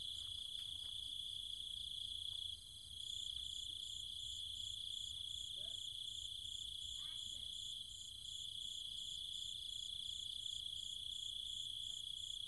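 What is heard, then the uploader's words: Cicadas and insects in the Thai countryside at night keep up a steady, dense, high-pitched drone, with a shrill pulsing layer above it. A brief dip comes near 2.5 seconds. A few short chirps or calls break through around 5.5 and 7 seconds over a low rumble. Cicada countryside, Thailand. Nighttime sounds of the cicadas and insects in the trees and fields, Chiang Mai, Thailand.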